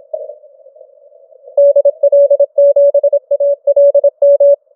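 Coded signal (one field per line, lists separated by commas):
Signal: Morse code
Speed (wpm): 26 wpm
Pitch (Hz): 570 Hz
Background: none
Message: DL7ALM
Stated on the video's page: CQ WW CW 2021 contest, 100 W into a low-hanging EFHW antenna.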